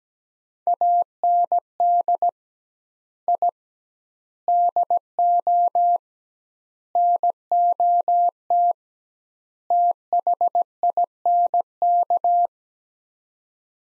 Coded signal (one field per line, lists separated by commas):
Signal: Morse code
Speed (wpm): 17 wpm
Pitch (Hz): 700 Hz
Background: none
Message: AND I DO NOT THINK